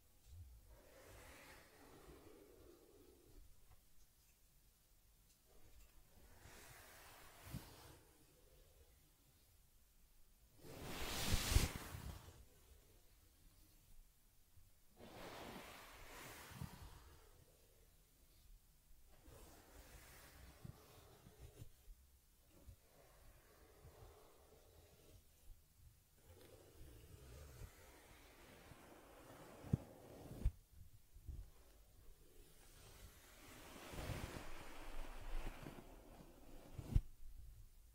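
A teddy bear gets a fur combing and cleansing: soft, scratchy brushing and rubbing strokes come in separate bursts every few seconds, with quiet pauses between. The loudest, sharpest stroke lands around eleven seconds, and a low, faint rumble sits underneath throughout.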